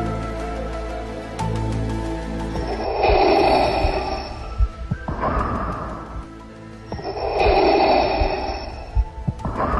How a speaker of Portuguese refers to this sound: foi o mestre dos mestres, o cara malvadão por excelência, o cara que eu não preciso nem falar o nome porque você já sabe quem é, só de ouvir a respiração, hein?